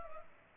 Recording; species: mosquito wingbeat signal from an infrared sensor; Culex pipiens